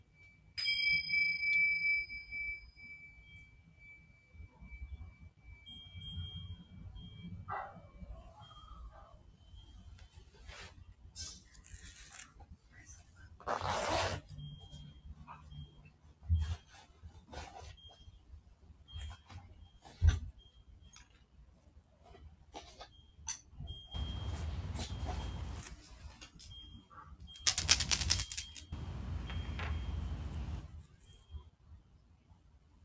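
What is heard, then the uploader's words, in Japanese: A singing bowl rings with a steady, bright tone for the first several seconds, then fades away. Afterward come scattered rustles, soft knocks and brief hissing bursts, with longer noisy stretches around 24 and 28 seconds over a low rumble. 真夜中の シンギングボウルのサウンドヒーリング ライブ。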